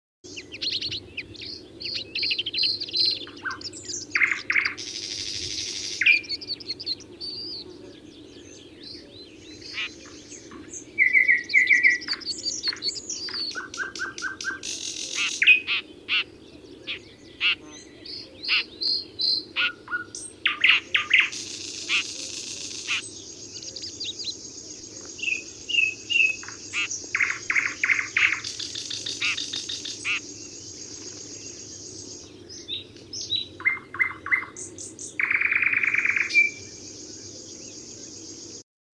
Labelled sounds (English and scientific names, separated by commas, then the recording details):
Red-backed Shrike (Lanius collurio) song, Thrush Nightingale (Luscinia luscinia), River Warbler (Locustella fluviatilis) song
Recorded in the wild
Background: Luscinia luscinia, Locustella fluviatilis
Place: Blankensee, Mecklenburg-Vorpommern, DE
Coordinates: 53.404, 13.221
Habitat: Lake
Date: 1982-05-26
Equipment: Nagra III BH, Sennheiser MD 21, parabola
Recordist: Schubert, Michael
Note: Gesang und Rufe dieses Neuntöters dicht dran Sprosser, dazu Gesang Schlagschwirl